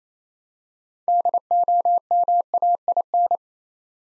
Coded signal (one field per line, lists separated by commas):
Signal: Morse code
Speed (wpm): 29 wpm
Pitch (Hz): 700 Hz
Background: none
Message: DOMAIN